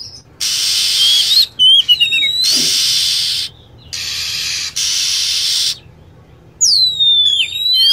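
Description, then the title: Lovebird: a few piercing downward-sweeping chirps between long stretches of harsh, noisy chatter, with quiet pauses. Lure sound (pikat) used to attract lovebirds. "PIKAT BURUNG LOVEBIRD"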